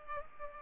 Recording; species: mosquito wingbeat signal from an infrared sensor; Culex pipiens